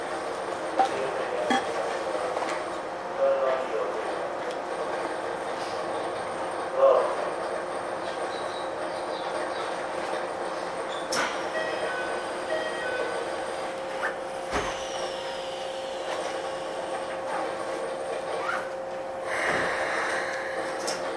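A Keikyu New 1000 series train runs along, giving a steady, dense hum with a thin high whine held throughout. Brief clicks and knocks sound every few seconds, with a sharp tick near eleven seconds and a thud around fourteen and a half seconds.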